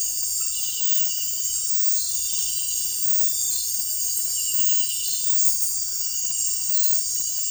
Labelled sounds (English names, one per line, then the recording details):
none
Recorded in dense forest near Puerto Asís, Putumayo, Colombia, on 20 February 2024 at 04:30
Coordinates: 0.484, -76.317
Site G6464